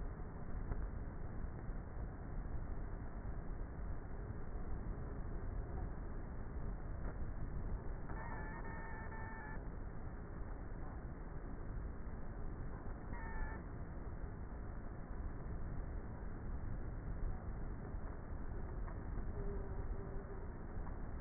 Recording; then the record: honeybee colony, microphone inside the hive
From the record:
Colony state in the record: queenless with a low population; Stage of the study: before two queens were removed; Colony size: about 30,000 bees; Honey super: no